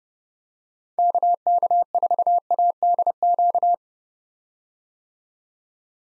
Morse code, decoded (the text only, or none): KK4ADQ